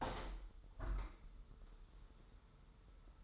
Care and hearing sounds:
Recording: daily activity, microphone in the room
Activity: open window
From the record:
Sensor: 3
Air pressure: 995.7 hPa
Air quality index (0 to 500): 97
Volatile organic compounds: 14 ppm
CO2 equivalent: 2434 ppm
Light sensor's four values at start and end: 27/82/34/30 and 28/83/35/30

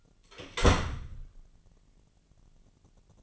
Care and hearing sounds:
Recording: daily activity, microphone in the room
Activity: close door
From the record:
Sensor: 4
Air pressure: 999.2 hPa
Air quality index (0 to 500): 114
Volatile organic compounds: 2 ppm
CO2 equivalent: 1125 ppm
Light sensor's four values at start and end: 13/31/12/13 and 13/31/12/13

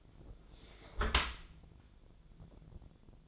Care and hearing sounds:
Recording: daily activity, microphone in the room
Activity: close dishwasher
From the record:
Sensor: 5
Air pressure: 1006.8 hPa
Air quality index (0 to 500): 184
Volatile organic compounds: 5 ppm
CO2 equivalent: 1755 ppm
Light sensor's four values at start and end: 53/146/58/58 and 52/144/57/57

